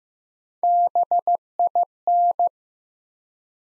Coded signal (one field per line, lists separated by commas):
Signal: Morse code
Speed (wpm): 15 wpm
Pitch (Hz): 700 Hz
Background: none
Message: BIN